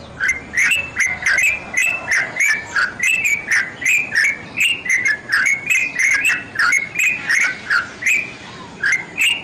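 Bird song of short whistled notes near the same pitch, each with a sharp clicking edge, repeated about three times a second in a steady run.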